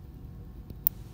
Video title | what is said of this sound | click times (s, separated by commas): How to Crimp 2.54mm DuPont connectors (macro view) | you make sure you hear that click and then when you pull it that | 0.9 s